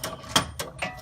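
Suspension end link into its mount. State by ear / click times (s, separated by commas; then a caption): seated / 0.4 s. After its bolt is removed, a suspension end link is moved and pops into its seat in the mount with a sharp metallic knock at 0.4 s. Softer knocks and rattles of handling come at about 0.0, 0.6 and 1.0 s. The end link is seated.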